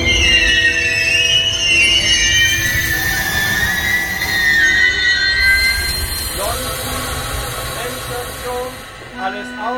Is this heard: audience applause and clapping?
no